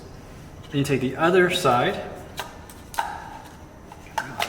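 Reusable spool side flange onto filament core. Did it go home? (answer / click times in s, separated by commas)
yes / 4.2 s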